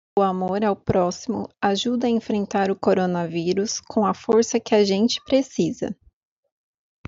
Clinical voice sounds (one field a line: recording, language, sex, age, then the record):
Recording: spoken sentence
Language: Brazilian Portuguese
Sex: female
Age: 30 to 39 years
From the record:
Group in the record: control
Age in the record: 31 years